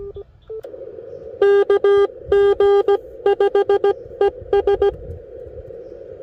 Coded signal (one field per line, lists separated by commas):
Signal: Morse code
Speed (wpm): 17 wpm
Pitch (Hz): 1600 Hz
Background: none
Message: KG5ES